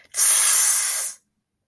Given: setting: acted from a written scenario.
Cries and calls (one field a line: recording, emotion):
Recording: vocal sound without words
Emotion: pain